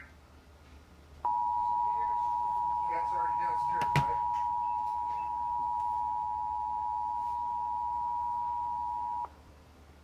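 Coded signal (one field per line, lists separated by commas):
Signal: Emergency Alert System (SAME) tones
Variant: 853 and 960 Hz attention tone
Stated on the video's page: Tornado warning alert for four Indiana counties, shown twice with the same message; the second copy uses a Microsoft Mike synthesized voice.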